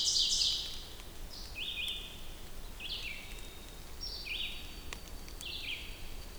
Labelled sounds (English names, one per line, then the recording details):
Red-eyed Vireo song
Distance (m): 55 m
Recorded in boreal forest in Alberta, Canada, on 2 June 2016 at 07:55
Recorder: SongMeter 3, array SBT-3-7
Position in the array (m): 81 m, 138 m